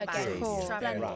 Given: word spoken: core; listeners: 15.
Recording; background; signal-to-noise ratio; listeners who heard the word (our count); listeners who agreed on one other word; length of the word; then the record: one English word in noise, from a listening test; four-talker babble; -2.4 dB; 1 of 15; 6 of 15; 0.76 s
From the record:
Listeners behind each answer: 6, 2, 1, 1, 1, 1, 1, 1, 1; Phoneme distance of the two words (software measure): 48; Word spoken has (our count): 1 syllable, 2 phonemes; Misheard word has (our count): 2 syllables, 6 phonemes, stress on syllable 2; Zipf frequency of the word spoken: 4.31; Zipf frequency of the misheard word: 5.53